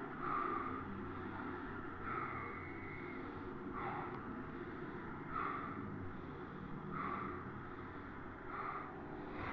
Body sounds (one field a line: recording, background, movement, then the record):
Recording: deep breathing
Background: traffic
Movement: sitting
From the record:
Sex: male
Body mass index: 22.0 kg/m2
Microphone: on the chest, facing the body